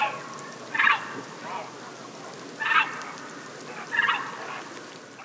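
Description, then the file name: Great egret giving harsh, low croaks, three separate rasping calls spaced about one to two seconds apart over steady background hiss. "Ägretthäger"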